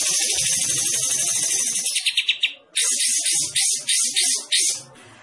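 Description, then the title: Bulbul song: steady scratchy high twitter, a brief string of clipped pulses, then repeated buzzy, harsh phrases in quick succession before it stops. Described as gacor, singing actively. "Kapas Tembak Gacor"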